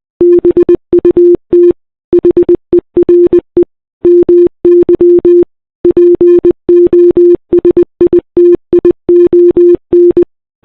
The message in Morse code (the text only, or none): BUT HERE MY POSITION